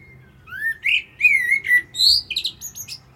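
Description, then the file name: Common blackbird song: a rich, fluty whistled phrase of several slurred notes that breaks into a high, squeaky twittering ending. "Turdus merula"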